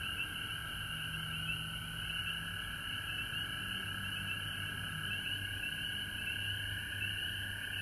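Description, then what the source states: Frogs calling in a dense, continuous chorus, steady high trilling bands that never pause, with a low rumble underneath throughout. Recorded at home in Georgia on March 19, 2020.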